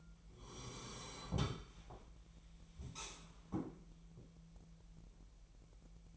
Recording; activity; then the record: daily activity, microphone in the room; sit down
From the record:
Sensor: 1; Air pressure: 1001.6 hPa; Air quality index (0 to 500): 247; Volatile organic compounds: 118 ppm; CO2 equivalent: 3866 ppm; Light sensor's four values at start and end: 14/33/14/15 and 14/34/14/16